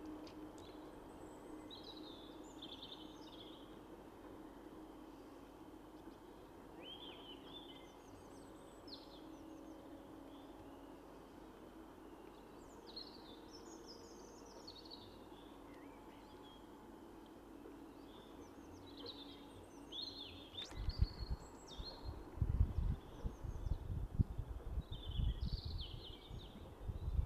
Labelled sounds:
European Robin song

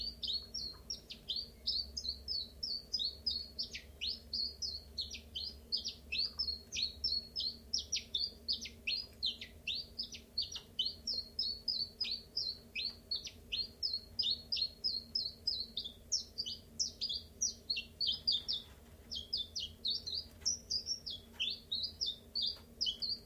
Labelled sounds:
Common Chiffchaff

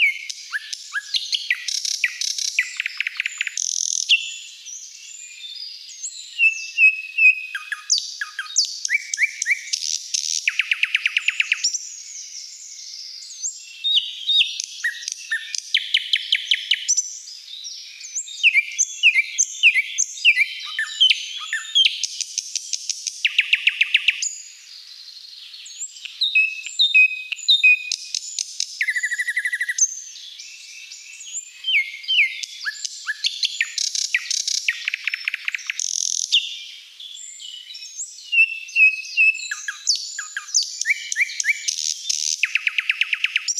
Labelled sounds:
Thrush Nightingale song

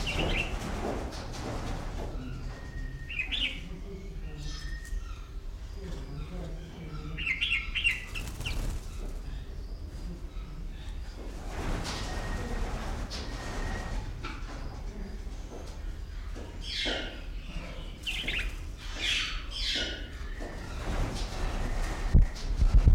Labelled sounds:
Oriental Magpie-Robin trumpet call

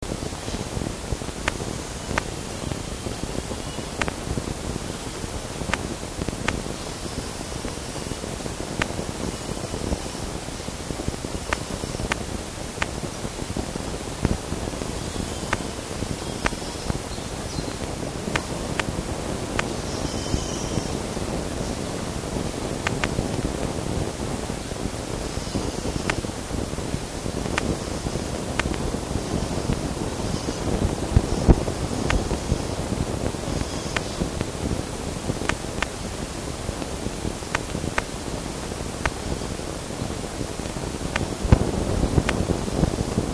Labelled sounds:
Red Fox

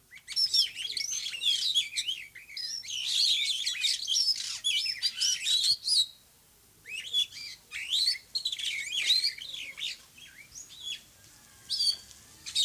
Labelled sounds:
Superb Starling song

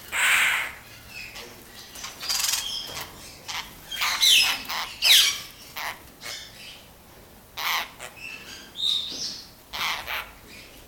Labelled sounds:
Eurasian Hoopoe

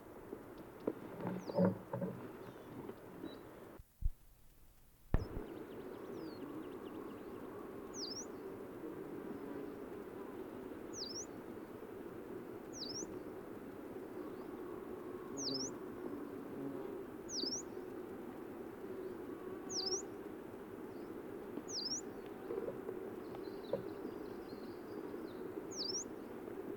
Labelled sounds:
Yellow-browed Warbler call

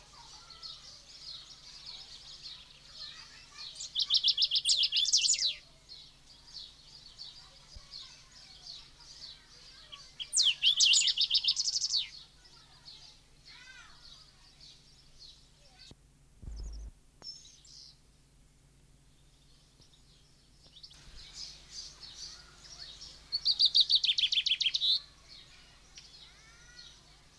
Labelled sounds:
Golden-billed Saltator song

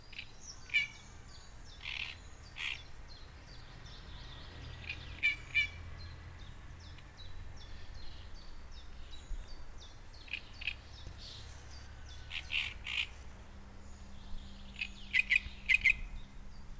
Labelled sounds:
Great Reed Warbler

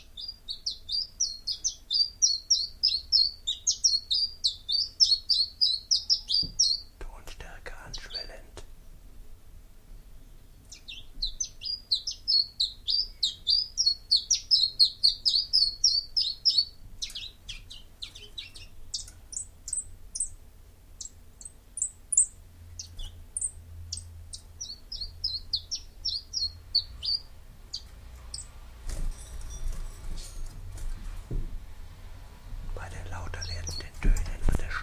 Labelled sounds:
Common Chiffchaff song

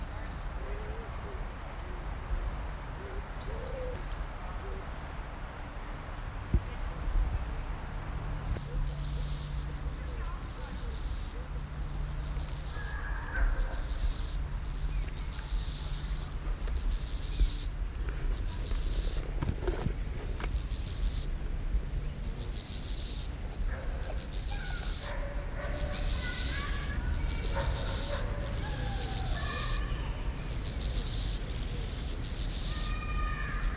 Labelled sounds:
Steppe Grasshopper stridulation

